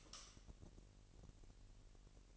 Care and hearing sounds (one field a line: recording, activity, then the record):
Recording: daily activity, microphone in the room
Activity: light off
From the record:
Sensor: 4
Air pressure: 1002.7 hPa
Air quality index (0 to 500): 248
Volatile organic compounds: 16 ppm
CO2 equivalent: 2559 ppm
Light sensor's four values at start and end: 7/16/6/7 and 6/14/5/6